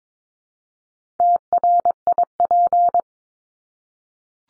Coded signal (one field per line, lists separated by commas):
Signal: Morse code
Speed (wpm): 22 wpm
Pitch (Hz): 700 Hz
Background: none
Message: TRIP